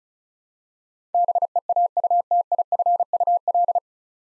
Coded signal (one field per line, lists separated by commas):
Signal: Morse code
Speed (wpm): 36 wpm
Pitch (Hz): 700 Hz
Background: none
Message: BEAUTIFUL